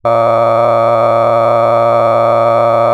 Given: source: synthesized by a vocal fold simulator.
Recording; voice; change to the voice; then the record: sustained vowel; male; cycle-to-cycle stiffness perturbation (roughness), level 10 of 10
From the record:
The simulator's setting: 6.37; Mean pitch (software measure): 116 Hz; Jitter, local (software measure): 3.16%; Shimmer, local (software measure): 11.1%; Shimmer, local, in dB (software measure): 0.85 dB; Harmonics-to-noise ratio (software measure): 10.3 dB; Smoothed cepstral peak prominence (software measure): 16.9 dB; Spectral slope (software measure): -16.9 dB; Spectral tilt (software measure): -12.2 dB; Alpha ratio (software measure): -7.3 dB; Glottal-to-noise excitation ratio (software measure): 0.991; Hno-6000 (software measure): 2.4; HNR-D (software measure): 19.4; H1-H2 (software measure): 5.0 dB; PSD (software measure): 2.1e-04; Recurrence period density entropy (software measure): 0.104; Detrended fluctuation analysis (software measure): 0.0559